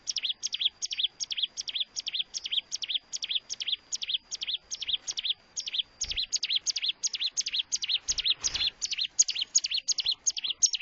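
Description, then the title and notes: Bar-winged prinia delivers a long series of bright, clipped notes in quick succession, with a faint thin tone and a few low bumps underneath. Collection of bar-winged prinia sounds, including birds in full, active song (gacor) and young birds (anakan). "Kicau Ciblek new - putri sherin. kumpulan suara burung ciblek gacor dan anakan"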